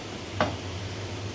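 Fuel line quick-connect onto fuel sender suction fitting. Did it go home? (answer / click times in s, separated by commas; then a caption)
no / none. The quick-connect end of a fuel line is pushed over the suction fitting on top of a fuel tank sending unit, but it does not lock because the fitting is slightly oversized. A brief sharp knock at about 0.4 s stands out over a steady low hum. Nothing has seated or clicked yet.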